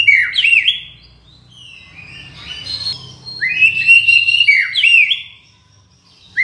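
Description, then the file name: White-rumped shama song: repeated phrases of bright, sliding whistles with quick downward swoops, alternating loud and soft passages over a faint low hum. Borneo. "murai batu borneo"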